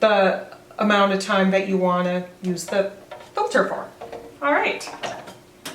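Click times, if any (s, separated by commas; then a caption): none. Someone talks while handling a water filter cartridge, set to its replacement month, and pushing it into its plastic holder inside the water tank of a Breville Barista Express espresso machine. A brief sharp sound comes at about 5.7 s, but the filter has not snapped into place yet.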